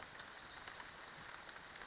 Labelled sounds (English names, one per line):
Western Flycatcher